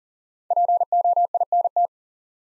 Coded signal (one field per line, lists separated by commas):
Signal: Morse code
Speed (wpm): 40 wpm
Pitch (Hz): 700 Hz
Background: none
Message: POINT